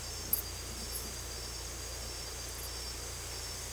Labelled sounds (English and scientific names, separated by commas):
none